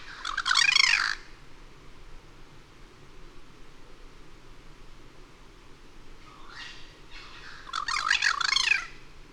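Bird giving raspy, rapidly stuttering chatter at the start and again near the end, with a fainter burst just before the final one and quiet background noise between.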